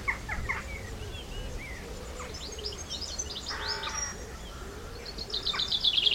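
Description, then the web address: Birds singing: assorted high chirps and slurred whistles, one short harsh buzzy call midway, then a fast high trill at the close. Countryside birds. "Tom Hutchings Birds Country"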